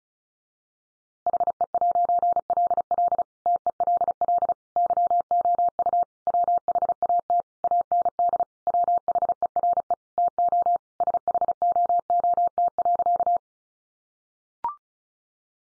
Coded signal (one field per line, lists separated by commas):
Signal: Morse code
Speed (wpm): 34 wpm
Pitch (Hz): 700 Hz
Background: none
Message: HE'LL TELL YOU WHAT AND WHERE TO SHOOT.